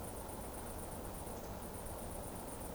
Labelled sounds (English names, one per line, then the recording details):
Eurasian Woodcock whistle
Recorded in Baden-Württemberg, Germany, on 24 June 2020 at 20:34 UTC
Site 14569, 102 m above sea level